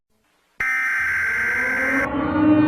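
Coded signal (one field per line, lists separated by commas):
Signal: Emergency Alert System (SAME) tones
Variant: header bursts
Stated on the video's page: Fictional EAS scenario, not a real alert.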